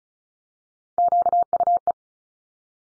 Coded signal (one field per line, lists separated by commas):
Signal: Morse code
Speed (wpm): 36 wpm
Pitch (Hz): 700 Hz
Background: none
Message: QUE